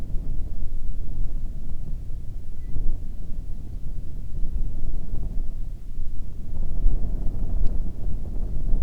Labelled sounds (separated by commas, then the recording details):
songbird, wind
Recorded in the Arctic National Wildlife Refuge, Alaska, on 1 June 2019 at 16:30
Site 37